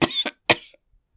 Woman coughing.